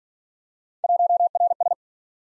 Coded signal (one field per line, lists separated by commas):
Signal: Morse code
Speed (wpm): 48 wpm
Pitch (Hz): 700 Hz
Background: none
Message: 1RS